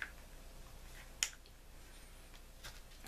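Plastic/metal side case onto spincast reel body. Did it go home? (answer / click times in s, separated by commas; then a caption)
yes / 1.2 s. The side case of a Johnson Sabra 4 spincast fishing reel, plastic or metal, is slid over the bushing onto the reel body and pressed on by hand. A single sharp, loud snap at 1.2 s shows it seated in place, with only faint ticks near the start and at 1.5 s.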